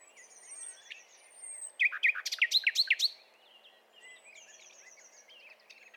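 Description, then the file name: Common nightingale delivering a short burst of loud, rapidly repeated looping notes midway, surrounded by thin high whistles and quiet background birdsong. "Luscinia megarhynchos"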